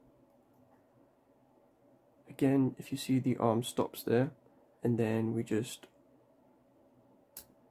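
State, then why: Seated. While tension is held on a Volkswagen/Audi car door lock barrel, an HU66 picking tool pushes wafer five past its resistance until the wafer sets. Someone talks from about 2.3 to 5.8 s, then a short, sharp click is heard at 7.4 s as wafer five seats.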